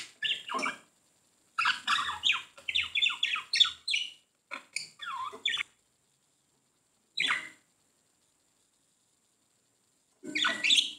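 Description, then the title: Budgerigar chatter in short groups of squeaky, warbling notes, broken by pauses, ending with a rasping burst. "Budgie Sounds"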